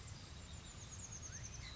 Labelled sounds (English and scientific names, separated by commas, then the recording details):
Chestnut-backed Chickadee (Poecile rufescens)
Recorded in Sonoma County, California